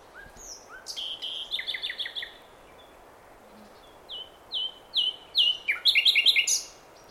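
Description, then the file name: Common nightingale song with varied phrases: rapid repeated chirps, a pause, then loud whistled notes building into a fast rattling trill. "Luscinia megarhynchos"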